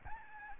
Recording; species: mosquito wingbeat signal from an infrared sensor; Aedes albopictus